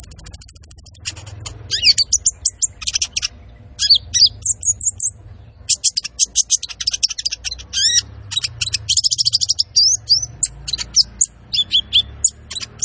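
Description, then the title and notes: Van Hasselt's sunbird: opens with a sustained very high thin whistle, then bursts into long, rapid twittering chirps and sharp slurred notes with short gaps. Masteran training recording for caged birds, also used as a lure; full song with 'isian' fillers and 'tembakan' shot phrases; bird described as gacor, singing constantly. "MASTERAN KOLIBRI NINJA FULL ISIAN DAN TEMBAKAN COCOK BUAT PANCINGAN. Suara Burung Kolibri Ninja Gacor"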